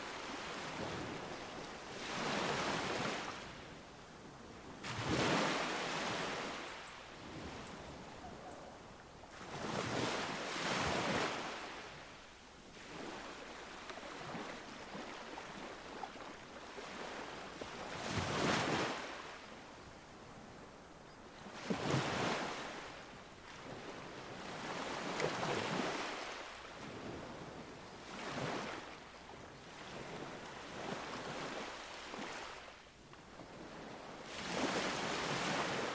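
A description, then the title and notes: Ocean waves wash in and break in a slow, irregular rhythm, each surge swelling into a bright hiss that fades away, roughly every three to six seconds. Between breakers a soft, steady rush of water lingers, with a faint low rumble of wind underneath. Calm and Soothing Ocean Wave Sounds.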